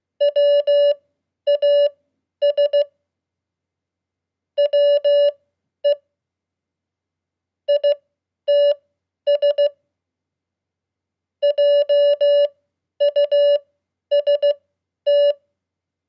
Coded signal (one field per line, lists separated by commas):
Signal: Morse code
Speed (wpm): 16 wpm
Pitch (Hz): 580 Hz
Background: none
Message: WAS WE ITS JUST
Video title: 100 Common QSO words @15wpm -- Beginning Morse Code